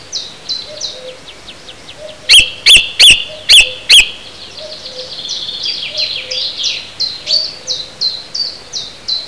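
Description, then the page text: Song thrush song: a loud sharp note repeated five times in quick succession, amid softer high chirping and twittering from other birds throughout. "jaro 2010 Drozd zpevny"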